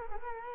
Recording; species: mosquito wingbeat signal from an infrared sensor; Culex quinquefasciatus